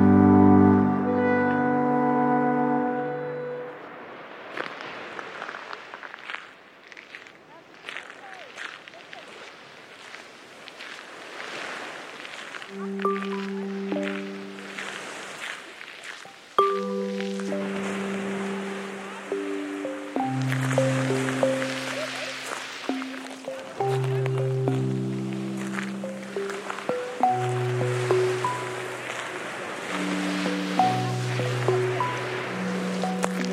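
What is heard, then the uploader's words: A beach scene opens with a loud, sustained low tone that fades after about four seconds, leaving a steady wash of surf and rustling. From around twelve seconds, a run of low, held notes repeats every second or two over the constant background. Today’s Soundwalk was taken April 10th 2022, at Lovers Key State Park near Fort Meyers Beach, Florida. Sounds of people enjoying Lovers Key Beach.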